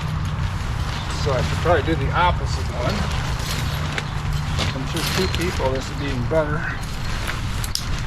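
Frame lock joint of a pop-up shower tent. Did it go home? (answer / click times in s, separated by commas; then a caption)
yes / 7.8 s. Someone talks over a low, steady background rumble while working on the frame of a pop-up shower tent. The opposite frame lock joint snaps shut with a sharp click at 7.8 seconds, seating the joint.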